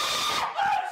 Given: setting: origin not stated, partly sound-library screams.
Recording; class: one-second piece from a danger detection set; woman in danger